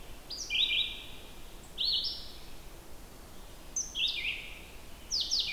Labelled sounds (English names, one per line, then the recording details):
Red-eyed Vireo song
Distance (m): 30 m
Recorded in boreal forest in Alberta, Canada, on 14 June 2016 at 06:56
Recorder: SongMeter 3, array SBT-3-33
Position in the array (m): 133 m, 156 m